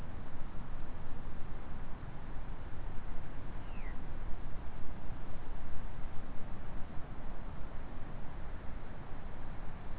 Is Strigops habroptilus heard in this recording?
no